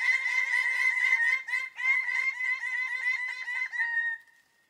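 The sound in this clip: Bird-of-paradise uttering a fast, steady run of loud nasal notes, about four each second, that fades out at the end.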